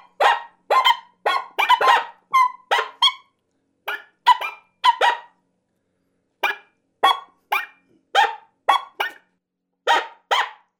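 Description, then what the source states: Coyotes giving many short, harsh yips and barks in irregular bursts, with pauses between. Coyotes calling on a kill.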